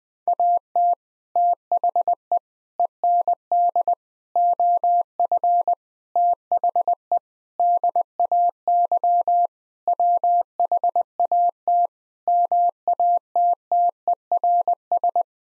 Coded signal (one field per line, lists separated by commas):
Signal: Morse code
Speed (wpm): 21 wpm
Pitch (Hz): 700 Hz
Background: none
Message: AT THE END OF THE DAY WHAT MATTERS